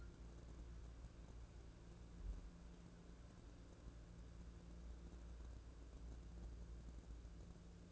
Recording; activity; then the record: daily activity, microphone in the room; wipe stove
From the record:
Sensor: 2